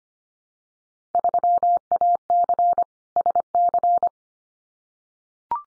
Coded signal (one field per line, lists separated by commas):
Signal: Morse code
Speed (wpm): 25 wpm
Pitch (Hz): 700 Hz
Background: none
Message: 3AC SC